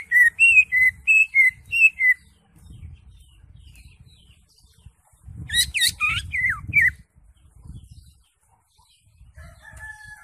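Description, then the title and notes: Greater Green Leafbird song: a run of wavering whistled phrases near the start, then a burst of sharp chattering notes, with low background rumble. Used as a training recording (masteran) for caged birds. "Suara Burung Cucak Ijo. mantap buat masteran burung cak ijo"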